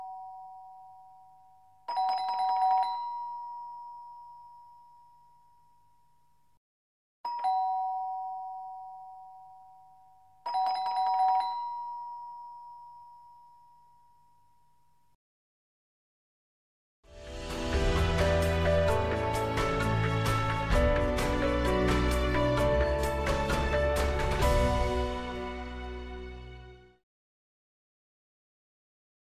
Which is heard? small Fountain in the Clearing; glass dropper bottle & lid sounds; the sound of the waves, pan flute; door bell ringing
door bell ringing